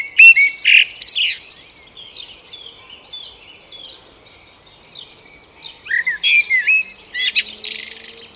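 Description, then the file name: Eurasian blackbird song with short fluty phrases and harsh squeaky endings at the start and again after six seconds, with quieter twittering between. "Turdus merula"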